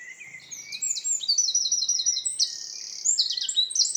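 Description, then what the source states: Eurasian Wren pouring out a dense stream of high trills and piercing notes throughout. Sung in the evening in forest, 25–26 May 2019, Lesches and Saint-Dizier-en-Diois, Diois, France, in spring; Nagra Seven recorder with two MKH40 and 8020 microphones.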